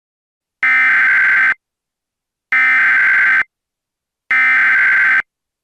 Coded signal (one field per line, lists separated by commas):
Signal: Emergency Alert System (SAME) tones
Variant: header bursts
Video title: EAS Scenario - Asteroid-X